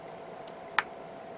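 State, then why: Seated. A plastic part from a 1/144 HG Gundam Age-2 Magnum model kit is pushed through an opening in the chest assembly until it snaps into place. A faint tick comes at 0.5 seconds, then one sharp, bright click at 0.8 seconds over a low steady hum. The part is seated in the chest.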